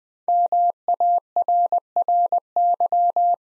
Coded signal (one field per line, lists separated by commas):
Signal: Morse code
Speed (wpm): 20 wpm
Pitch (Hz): 700 Hz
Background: none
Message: MARRY